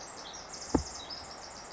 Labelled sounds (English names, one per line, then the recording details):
Bewick's Wren
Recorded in Sonoma County, California